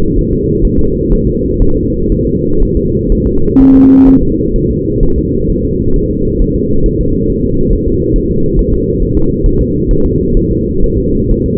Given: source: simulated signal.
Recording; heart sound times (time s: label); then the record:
fetal heart sounds
0.19 s: S1
0.33 s: S2
0.65 s: S1
0.79 s: S2
1.12 s: S1
1.27 s: S2
1.62 s: S1
1.77 s: S2
2.12 s: S1
2.27 s: S2
2.63 s: S1
2.77 s: S2
3.12 s: S1
3.27 s: S2
3.61 s: S1
3.76 s: S2
4.09 s: S1
4.23 s: S2
4.56 s: S1
4.71 s: S2
5.03 s: S1
5.18 s: S2
5.50 s: S1
5.65 s: S2
5.96 s: S1
6.11 s: S2
6.41 s: S1
6.56 s: S2
6.86 s: S1
7.01 s: S2
7.30 s: S1
7.44 s: S2
7.73 s: S1
7.88 s: S2
8.16 s: S1
8.31 s: S2
8.59 s: S1
8.74 s: S2
9.02 s: S1
9.17 s: S2
9.46 s: S1
9.61 s: S2
9.91 s: S1
10.06 s: S2
10.37 s: S1
10.52 s: S2
10.84 s: S1
10.98 s: S2
11.31 s: S1
11.46 s: S2
From the record:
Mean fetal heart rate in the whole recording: 130 bpm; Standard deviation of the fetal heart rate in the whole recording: 4 bpm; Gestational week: 38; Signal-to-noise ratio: -16.4 dB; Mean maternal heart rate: 72 bpm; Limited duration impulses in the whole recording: present